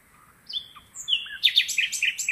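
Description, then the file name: Common nightingale song fragment, soft varied whistles rising into a quick burst of loud chirping notes. "Luscinia megarhynchos"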